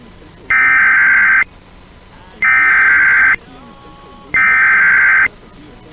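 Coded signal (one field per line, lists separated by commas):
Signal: Emergency Alert System (SAME) tones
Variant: header bursts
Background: speech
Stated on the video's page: EAS alerts captured from IP radio streams.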